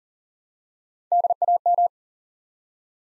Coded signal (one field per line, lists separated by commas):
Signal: Morse code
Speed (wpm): 42 wpm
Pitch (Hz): 700 Hz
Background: none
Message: DAM